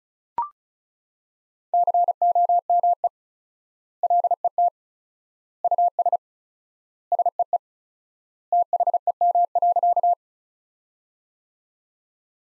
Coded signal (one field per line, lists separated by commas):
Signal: Morse code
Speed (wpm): 36 wpm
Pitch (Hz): 700 Hz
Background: none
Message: COME LET US SEE THEM.